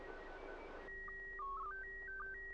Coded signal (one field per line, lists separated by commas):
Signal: SSTV (slow-scan television)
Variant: PD 120